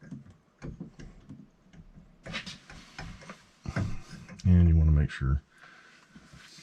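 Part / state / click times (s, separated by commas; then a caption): UV lamp connector onto the UV lamp in a water filter UV sterilizer housing / not seated / none. Someone lines up the UV lamp connector with the pins of the UV lamp in an Aquasana water filter UV sterilizer housing, ready to push it on. Small handling ticks are heard while someone talks. The connector has not been seated and nothing has clicked yet.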